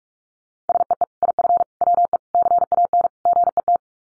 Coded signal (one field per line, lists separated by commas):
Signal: Morse code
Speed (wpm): 44 wpm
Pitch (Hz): 700 Hz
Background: none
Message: SEE IF WE CAN GET